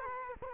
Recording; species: mosquito wingbeat signal from an infrared sensor; Culex quinquefasciatus